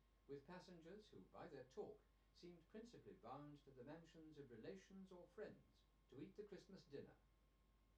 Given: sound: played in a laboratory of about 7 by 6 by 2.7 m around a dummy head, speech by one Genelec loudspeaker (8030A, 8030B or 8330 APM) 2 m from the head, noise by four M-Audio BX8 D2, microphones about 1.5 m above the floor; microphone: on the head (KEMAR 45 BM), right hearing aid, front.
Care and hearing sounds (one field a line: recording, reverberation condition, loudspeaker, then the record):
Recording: male speech in English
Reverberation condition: low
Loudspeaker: 60 degrees to the left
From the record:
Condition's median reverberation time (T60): about 310 ms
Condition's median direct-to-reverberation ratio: about 3.5 dB